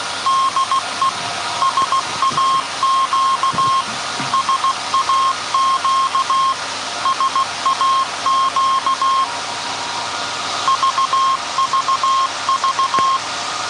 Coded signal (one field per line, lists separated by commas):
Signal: Morse code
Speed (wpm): 16 wpm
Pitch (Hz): 1070 Hz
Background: none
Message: DE SAQ SAQ SAQ VVV